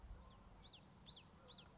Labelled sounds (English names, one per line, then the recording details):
Common Yellowthroat
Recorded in Sonoma County, California